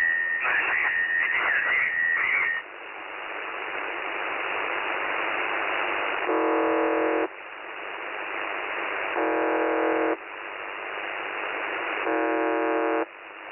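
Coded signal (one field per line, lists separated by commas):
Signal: channel marker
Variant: UVB-76 (The Buzzer)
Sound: hissy static with three rasping low buzzes about a second long, after a warbling whistle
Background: radio static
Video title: The Buzzer/UVB-76 Voice Message (December 1, 2020 11:02 UTC)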